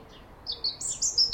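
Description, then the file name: European robin: a short run of several high, thin whistled notes. "Erithacus rubecula"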